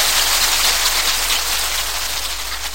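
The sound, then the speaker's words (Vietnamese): A crowd applauds warmly for a man who has shared his experience of the Buddhist Dharma, a dense, steady wash of many hands clapping that holds at full strength for a few seconds with no voices over it. “Xin toàn thể quý vị chúng ta cho một tràng pháo tay thật nồng nhiệt.”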